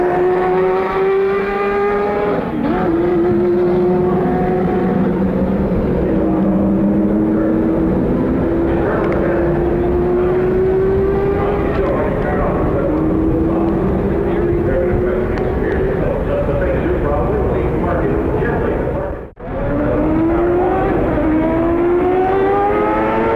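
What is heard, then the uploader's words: IndyCar engines roar almost without letup, one steady droning pitch sliding slowly up and down with other engine tones layered over it. Chatter or a commentator's voice mixes into the dense din. Near nineteen seconds the sound cuts out briefly, then a new engine rises in pitch. The Sounds of CART IndyCar at Detroit, 1990. Trackside sounds of the CART IndyCar Series as it raced around downtown Detroit on the former Formula 1 circuit. There’s also the distinct grunt and wail from the 3.4-liter single-turbo Buicks in action around the tight 2.5-mile street layout.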